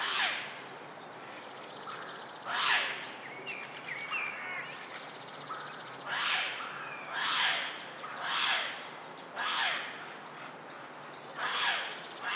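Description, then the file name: Eurasian jay giving harsh, raspy screeches, repeated roughly every second or two, while other birds whistle thin high notes in the background. "Garrulus glandarius"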